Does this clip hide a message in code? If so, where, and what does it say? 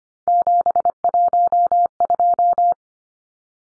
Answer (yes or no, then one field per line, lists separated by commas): yes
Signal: Morse code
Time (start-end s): 0.3-2.7 s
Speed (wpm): 25 wpm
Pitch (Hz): 700 Hz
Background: none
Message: 712